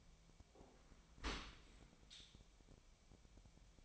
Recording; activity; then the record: daily activity, microphone in the room; open dishwasher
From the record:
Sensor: 1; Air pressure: 1006.8 hPa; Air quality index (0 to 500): 208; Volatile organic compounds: 24 ppm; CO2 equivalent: 2808 ppm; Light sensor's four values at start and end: 12/32/13/14 and 12/32/12/14